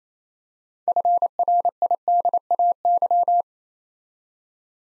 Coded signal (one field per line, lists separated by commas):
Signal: Morse code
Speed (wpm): 29 wpm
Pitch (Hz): 700 Hz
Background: none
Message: FRIDAY